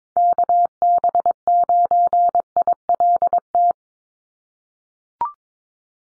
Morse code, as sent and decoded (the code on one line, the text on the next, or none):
-.- -... ----. .. .-.. -
KB9ILT